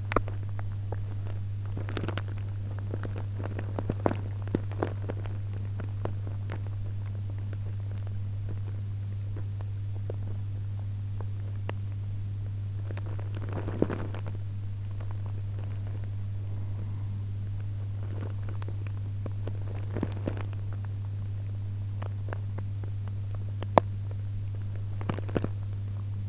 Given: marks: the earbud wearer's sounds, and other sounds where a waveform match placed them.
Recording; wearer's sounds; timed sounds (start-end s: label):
sounds in sleep by an in-ear microphone; body movement
0.00-26.29 s: body movement